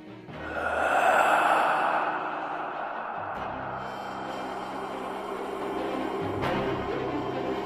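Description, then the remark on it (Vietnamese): A long, raspy wheezing breath from a man's gaping mouth swells and fades, followed by rough, strained breathing that catches unevenly, like someone choking on air, over a low steady hum. “Mồm ông cứ thở ra những tiếng khò khà khò khè, thỉnh thoảng hơi thở cứ như bị mắc lại mà khổng khọc khổng khọc.”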